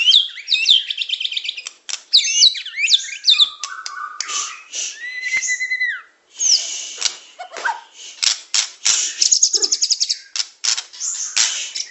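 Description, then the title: Birdsong in fast, high twittering runs, trills and sharp chips, with a few longer whistled notes in between and hardly any pause. Complete masteran (song-training) recording of bird song. "Kicau Burung Masteran Lengkap"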